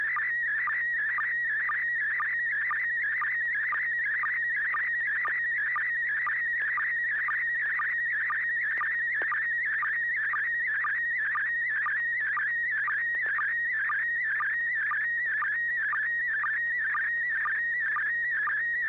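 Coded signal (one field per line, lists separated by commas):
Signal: SSTV (slow-scan television)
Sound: continuous warbling tone shifting pitch, with rapid regular low blips about twice a second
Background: low steady hum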